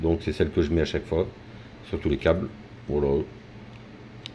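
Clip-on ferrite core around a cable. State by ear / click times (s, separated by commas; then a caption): seated / 4.3 s. Someone talks, then a plastic-housed clip-on ferrite core, used on cables to cut interference from laptop fans in radio gear, is snapped shut around a cable. A sharp click is heard at 4.3 s as the ferrite seats closed.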